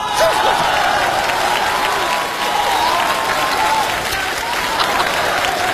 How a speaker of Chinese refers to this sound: 哎呀，您瞧我这人缘混的，我都赶不上车了，这哥几个还鼓掌呢。